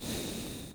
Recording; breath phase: one breath near a microphone; exhalation